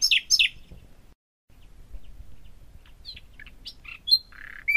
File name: nightingale audio